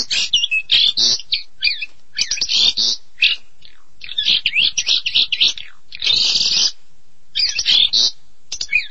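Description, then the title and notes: Starling or myna song: a long, varied run of harsh chattering bursts, whistled slurs and squeaky notes, broken by short pauses. "suara burung jalak"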